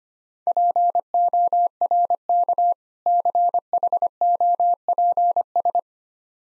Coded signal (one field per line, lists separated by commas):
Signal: Morse code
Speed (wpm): 25 wpm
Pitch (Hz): 700 Hz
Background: none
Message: PORK CHOPS